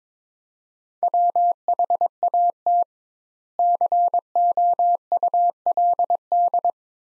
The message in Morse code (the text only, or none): WHAT COULD